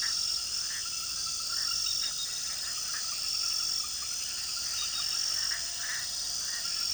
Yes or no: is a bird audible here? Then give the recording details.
no. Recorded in pastures near Puerto Asís, Putumayo, Colombia, on 19 February 2024 at 00:30. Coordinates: 0.466, -76.323. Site G6384